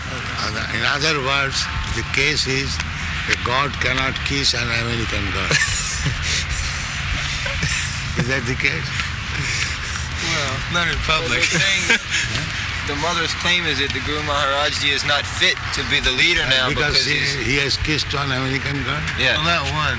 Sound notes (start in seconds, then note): 5.3 laughs; 9.3 laughter